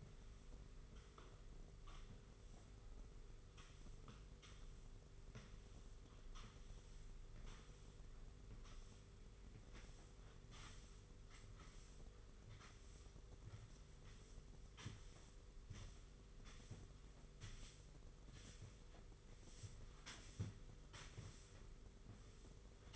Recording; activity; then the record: daily activity, microphone in the room; sweep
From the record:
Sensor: 4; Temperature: 27.3 degrees Celsius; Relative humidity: 40.1%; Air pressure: 991.3 hPa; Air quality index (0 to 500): 158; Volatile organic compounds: 127 ppm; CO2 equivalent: 3911 ppm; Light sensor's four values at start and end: 24/78/29/30 and 21/65/25/25